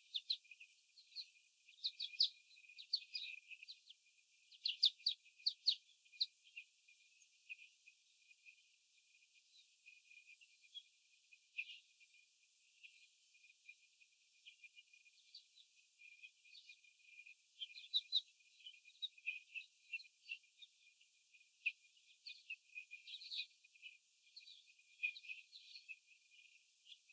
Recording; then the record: young laying hens in a cage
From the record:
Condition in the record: after the stressor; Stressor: sudden umbrella opening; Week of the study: 3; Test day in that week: 2